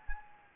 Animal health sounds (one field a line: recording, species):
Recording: mosquito wingbeat signal from an infrared sensor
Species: Anopheles gambiae